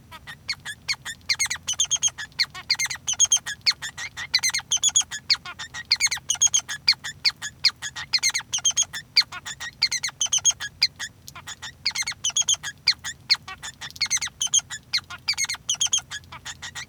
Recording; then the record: song of a male Bengalese finch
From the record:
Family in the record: son of father 3